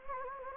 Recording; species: mosquito wingbeat signal from an infrared sensor; Anopheles gambiae